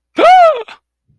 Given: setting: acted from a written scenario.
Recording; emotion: vocal sound without words; distress